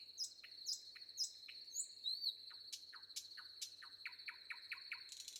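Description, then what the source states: Common nightingale song: a quick run of sharp descending notes repeated near the end, over a steady high cricket trill. Crickets audible.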